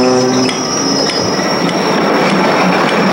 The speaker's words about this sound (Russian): Внимание! Внимание, внимание! Скорый поезд «Восток» отправляется в 10 часов 00 минут.